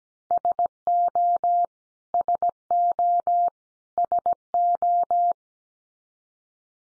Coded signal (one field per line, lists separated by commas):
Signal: Morse code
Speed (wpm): 17 wpm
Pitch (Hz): 700 Hz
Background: none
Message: SO SO SO